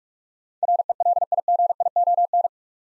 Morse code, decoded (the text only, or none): RELIGION